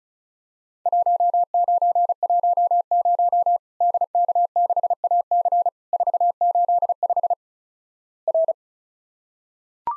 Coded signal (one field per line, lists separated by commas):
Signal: Morse code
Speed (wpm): 36 wpm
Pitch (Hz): 700 Hz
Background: none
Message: 1910 DK6AC 485 R